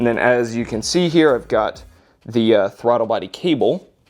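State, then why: Not seated. Someone talks while handling the wiring harness connector for the throttle body of a K24 engine swapped into a BRZ, about to clip it onto the throttle body. The clip ends before the connector goes home, so nothing has seated or clicked yet.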